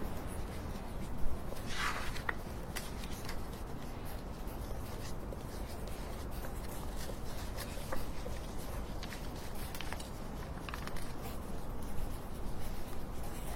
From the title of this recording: the crisp writing sound